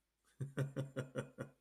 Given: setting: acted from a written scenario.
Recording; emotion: vocal sound without words; amusement